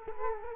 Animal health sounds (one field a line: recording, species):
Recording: mosquito wingbeat signal from an infrared sensor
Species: Culex quinquefasciatus